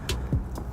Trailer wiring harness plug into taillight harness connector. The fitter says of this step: now as we're plugging in we'll hear a nice click to let us know we're locked in just like that okay